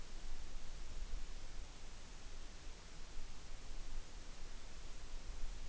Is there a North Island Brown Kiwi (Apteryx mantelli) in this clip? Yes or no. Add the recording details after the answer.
no. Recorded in New Zealand on 8 June 2014. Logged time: 02:19